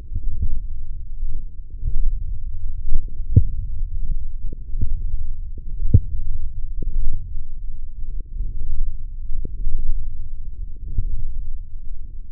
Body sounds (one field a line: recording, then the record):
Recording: forearm muscle sounds (acoustic myography)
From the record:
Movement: hand closing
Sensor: system 1, eight BSWA MPA416 microphones around the upper forearm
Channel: 6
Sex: male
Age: 20 years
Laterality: left